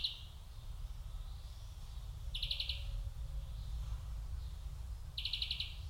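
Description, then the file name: European greenfinch giving two short, rapid trills, a few seconds apart, over a steady low rumble of background noise. "Chloris chloris"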